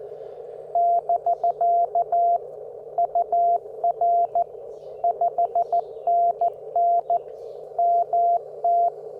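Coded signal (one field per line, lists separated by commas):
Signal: Morse code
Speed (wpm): 14 wpm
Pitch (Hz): 690 Hz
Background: none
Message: <BK> UR 5NN MT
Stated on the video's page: Simulated CW exchanges with Morse Walker practice software, focused on the Parks on the Air exchange format.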